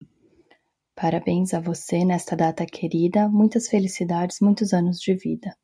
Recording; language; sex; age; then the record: short text; Brazilian Portuguese; female; 30 to 39 years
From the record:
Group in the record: control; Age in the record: 39 years